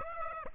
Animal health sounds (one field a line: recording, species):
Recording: mosquito wingbeat signal from an infrared sensor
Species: Aedes aegypti